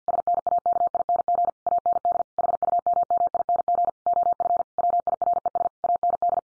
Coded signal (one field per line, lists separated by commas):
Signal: Morse code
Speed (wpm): 50 wpm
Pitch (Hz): 700 Hz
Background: none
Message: SNAKING AND HUMMING OF WIRES AND